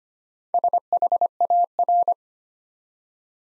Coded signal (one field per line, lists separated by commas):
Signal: Morse code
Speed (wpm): 25 wpm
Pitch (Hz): 700 Hz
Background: none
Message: SHAR